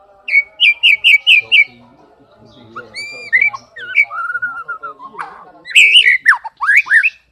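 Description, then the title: Oriental magpie-robin song opening with five quick repeated sharp notes, then clear whistles and varied slurred, rising and falling phrases ending in a lively flourish. "kacer"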